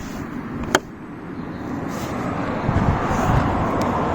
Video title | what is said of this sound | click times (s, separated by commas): Honda VFR800F 2015 8th Gen walkaround/review after 11000+ miles ownership | so yeah to close it makes a nice click | 0.7 s